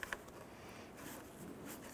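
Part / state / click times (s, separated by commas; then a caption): upper tab of a plastic grille going into the vehicle front support / seated / 0.0 s, 0.1 s. The upper tab of a plastic grille on a 1993–1997 Ford Ranger is pushed into the vehicle's front support. Two sharp snaps are heard at 0.0 s and 0.1 s, followed by a faint tick and low rustling. The upper part of the grille pops into place and is seated.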